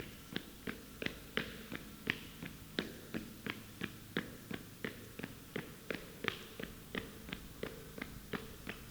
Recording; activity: daily activity, guitar pickup as the sensor; run